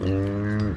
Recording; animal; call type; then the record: contact call of a hoofed animal; wild boar; grunt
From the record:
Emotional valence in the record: positive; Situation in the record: food anticipation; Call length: 0.77 s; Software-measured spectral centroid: 1400 Hz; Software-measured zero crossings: 610 a second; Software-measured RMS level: -24 dBFS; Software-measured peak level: -16 dBFS